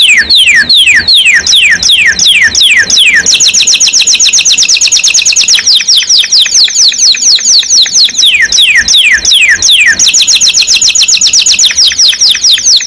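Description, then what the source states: Canary song: steady series of downslurred sweeps alternating with fast buzzy trills, sung without a break. Singing constantly (gacor); champion-level singer, first place winner.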